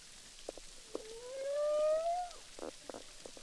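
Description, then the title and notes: Humpback whale song, a long moan gliding upward then dropping at its end, framed by short pulsed grunts before and after, with underwater hiss. Humpback whales recorded underwater with a DPA hydrophone at Boucan Canot, Réunion Island, during a film shoot. "humpback whales, boucan canot, ile de la reunion. enregistré avec un hydrophone DPA lors du tournage SIGNATURE"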